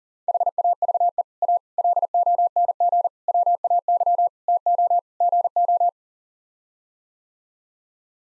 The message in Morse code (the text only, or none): HAVE A LONG WAY TO GO